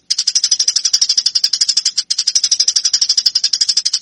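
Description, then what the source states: Eurasian tree sparrow giving a relentless string of bright, clipped chirps, very rapid and even, with one tiny pause midway. Fighting-style (tarung) song, used as a master for training birds.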